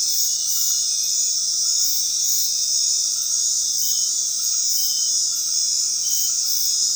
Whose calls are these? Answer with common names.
none